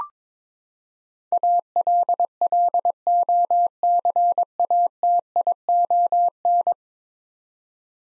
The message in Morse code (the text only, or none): ALLOCATION